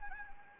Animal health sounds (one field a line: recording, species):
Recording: mosquito wingbeat signal from an infrared sensor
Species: Anopheles gambiae